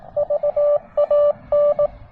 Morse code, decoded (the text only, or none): VAN